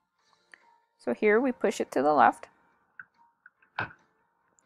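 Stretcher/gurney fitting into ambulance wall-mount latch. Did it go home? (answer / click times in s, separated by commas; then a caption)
yes / 3.8 s. A loaded gurney is pushed to the left inside an ambulance until its fitting clips into the metal wall-mount latch. Someone talks, and after a few faint ticks, a sharp click is heard at 3.8 s. The gurney is seated and secured, so it can no longer move left or right.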